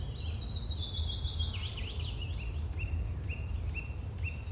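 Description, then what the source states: Birds twittering, a fast stuttering series of high notes at first, then several short simple chips repeated, with low rumble beneath. Birds chirping on a field with a farm nearby.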